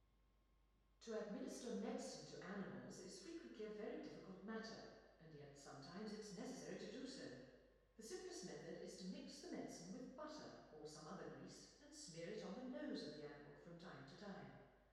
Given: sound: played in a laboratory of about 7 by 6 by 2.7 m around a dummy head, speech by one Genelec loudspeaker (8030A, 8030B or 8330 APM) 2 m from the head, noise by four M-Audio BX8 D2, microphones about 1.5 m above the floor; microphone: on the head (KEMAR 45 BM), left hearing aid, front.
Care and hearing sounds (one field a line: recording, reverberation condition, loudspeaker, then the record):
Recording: female speech in English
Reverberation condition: high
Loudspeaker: 90 degrees to the right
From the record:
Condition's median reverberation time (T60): about 1300 ms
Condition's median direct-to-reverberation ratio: about -4.0 dB